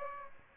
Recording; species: mosquito wingbeat signal from an infrared sensor; Aedes aegypti